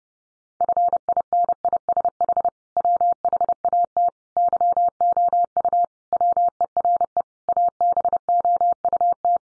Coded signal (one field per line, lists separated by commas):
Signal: Morse code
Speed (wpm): 30 wpm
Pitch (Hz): 700 Hz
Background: none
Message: FINISH WHAT YOU WERE ABOUT